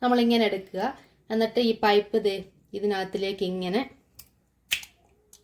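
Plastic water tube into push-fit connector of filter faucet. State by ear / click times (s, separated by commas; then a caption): seated / 4.7 s. A plastic water tube is pushed into the push-fit quick-connect fitting of a filter faucet line while someone talks. After the talking stops, a small tick is heard at 4.2 s, then the sharp click of the lock engaging at 4.7 s, and another faint tick at 5.3 s. The tube is seated and locked, and pulling on it afterwards does not remove it.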